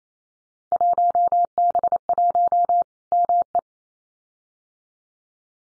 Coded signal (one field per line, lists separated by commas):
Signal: Morse code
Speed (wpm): 28 wpm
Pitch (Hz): 700 Hz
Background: none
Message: 1B1 ME